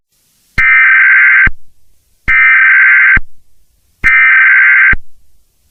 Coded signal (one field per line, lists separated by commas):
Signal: Emergency Alert System (SAME) tones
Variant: header bursts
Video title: EAS Scenario: Second Titanomachy